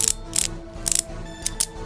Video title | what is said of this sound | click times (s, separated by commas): NEW UNION ACHILLES Cn.Xt+ (B-150) Beyblade Burst GTベイブレードバースト ガチ | hearing the sick clicks there all right there you go Achilles assemble looks really nice really cool you can hear the coat you can hear the you can hear the clicks for the thing looks | 0.0 s, 0.1 s, 0.4 s, 0.9 s, 1.0 s, 1.6 s